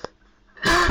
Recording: coughing mixed with background sound